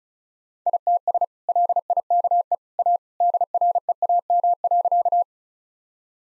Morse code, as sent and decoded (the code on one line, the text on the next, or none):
.. - ... / .-.. .. -.- . / .- / -.. .-. . .- -- .-.-.-
ITS LIKE A DREAM.